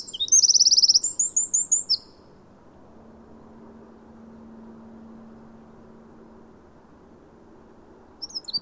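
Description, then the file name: Eurasian wren giving a burst of high, fast trilling song for about two seconds, then a long quiet stretch with a faint low hum before the song resumes briefly. "Troglodytes troglodytes"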